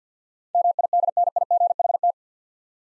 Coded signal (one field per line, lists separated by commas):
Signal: Morse code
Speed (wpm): 50 wpm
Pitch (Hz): 700 Hz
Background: none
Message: MIDNIGHT